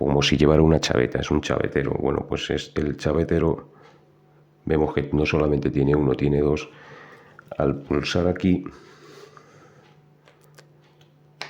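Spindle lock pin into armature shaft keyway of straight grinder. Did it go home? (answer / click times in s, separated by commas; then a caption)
yes / 11.4 s. On a disassembled straight grinder, the spindle-lock button is pressed and its pin drops into a keyway slot in the metal armature shaft, locking it so the shaft gets stuck and won't turn. Someone talks, then after a few faint clicks a sharp loud hit is heard at 11.4 s as the lock engages.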